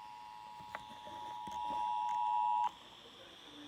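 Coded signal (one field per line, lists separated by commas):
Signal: Emergency Alert System (SAME) tones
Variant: 853 and 960 Hz attention tone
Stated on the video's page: North Carolina Amber Alert received on fifteen FM stations, partly by unintentional DX reception.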